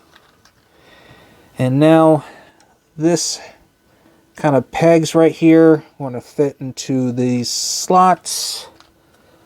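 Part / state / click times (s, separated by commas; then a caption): plastic pegs into slots on the figure / not seated / none. Plastic pegs on a Transformers Reactivate Deluxe Class Soundwave figure are being lined up with matching slots while someone talks, with a few faint handling ticks. Nothing has seated or clicked yet.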